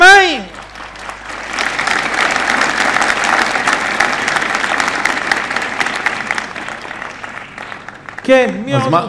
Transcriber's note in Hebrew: הקהל מוחא כפים